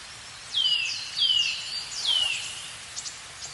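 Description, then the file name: Eurasian nuthatch uttering three loud, clear descending whistles roughly every three-quarters of a second, followed by a few faint high notes. "Sitta europaea"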